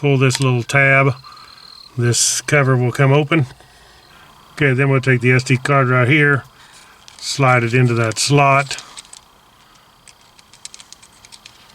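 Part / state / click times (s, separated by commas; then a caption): memory card into dash camera card slot / not seated / none. Someone talks while pulling a small tab to open the cover on the back of a BlackVue DR590W-2CH IR dash cam being installed in a Jeep Wrangler JKU, then slides a microSD card toward the card slot. After the speech, faint sharp handling ticks are heard near the end. The card has not yet seated or clicked into the slot.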